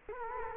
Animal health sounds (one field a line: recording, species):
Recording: mosquito wingbeat signal from an infrared sensor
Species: Culex quinquefasciatus